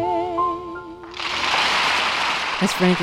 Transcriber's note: soundbite of applause